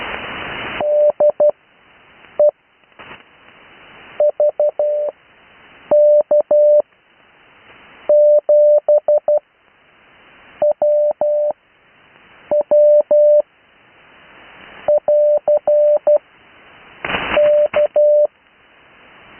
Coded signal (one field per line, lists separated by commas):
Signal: Morse code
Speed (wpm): 12 wpm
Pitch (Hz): 600 Hz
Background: none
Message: DE VK7WW <AR> K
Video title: Morse code practice recorded live on 80m 12-08-2026